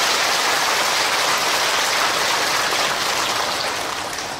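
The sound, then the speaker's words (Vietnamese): Dense, sustained applause from an audience at a Buddhist dharma talk, a steady wash of many hands clapping at once that holds loud throughout and eases slightly toward the end, with no voices over it. “Cho nên một lần nữa lại phải cho một tràng mưa hoa nữa.”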